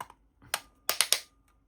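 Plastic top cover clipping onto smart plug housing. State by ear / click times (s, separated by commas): seated / 0.5 s, 0.9 s, 1.0 s, 1.1 s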